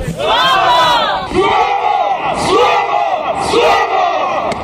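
A large crowd roars and cheers loudly, voices rising in repeated swells about once a second, like rhythmic chanting, with a steady wash of clapping and shouting underneath.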